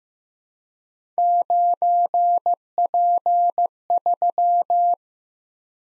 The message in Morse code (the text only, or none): 9P3